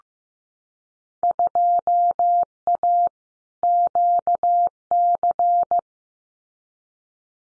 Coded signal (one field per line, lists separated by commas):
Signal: Morse code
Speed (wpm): 15 wpm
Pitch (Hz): 700 Hz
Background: none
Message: 2A QC